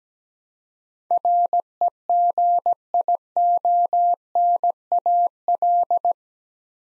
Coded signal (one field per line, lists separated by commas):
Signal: Morse code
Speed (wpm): 17 wpm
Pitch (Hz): 700 Hz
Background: none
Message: REGIONAL